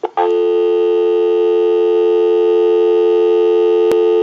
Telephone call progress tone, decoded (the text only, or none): dial tone